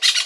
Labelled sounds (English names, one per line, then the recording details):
Brown-throated Parakeet contact call
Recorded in Venezuela
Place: Guárico; Corozopando; Fundo La Fe
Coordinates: 8.506, -67.593